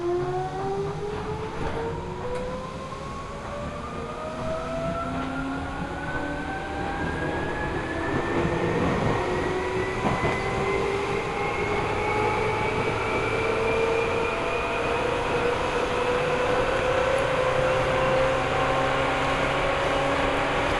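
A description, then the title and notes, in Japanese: A local commuter train picks up speed, heard from inside the car. Several motor whines climb steadily in pitch across the whole clip over a constant low rumble of wheels, which grows a little louder. A few faint clicks and knocks come through early on. 西武池袋線普通 池袋→清瀬。最初に乗ったのは普通列車の小手指行きで。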